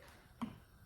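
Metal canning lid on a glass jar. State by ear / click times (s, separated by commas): seated / 0.4 s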